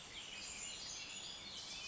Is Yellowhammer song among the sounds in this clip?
no